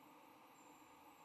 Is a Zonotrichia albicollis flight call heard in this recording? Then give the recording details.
no. No flight call is heard. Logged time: 03:59 on 22 November 2014